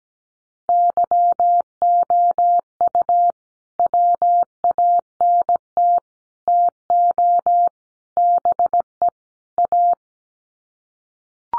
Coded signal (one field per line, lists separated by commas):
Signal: Morse code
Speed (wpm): 17 wpm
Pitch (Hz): 700 Hz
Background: none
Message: YOU WANT TO BE A